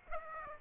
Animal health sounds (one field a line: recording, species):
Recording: mosquito wingbeat signal from an infrared sensor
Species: Aedes aegypti